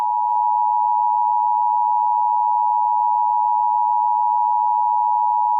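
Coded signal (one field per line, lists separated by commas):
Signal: Emergency Alert System (SAME) tones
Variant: 853 and 960 Hz attention tone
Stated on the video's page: Fictional EAS scenario.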